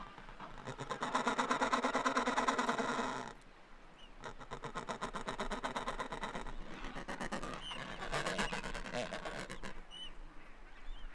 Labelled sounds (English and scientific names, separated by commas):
Adelie Penguin (Pygoscelis adeliae) call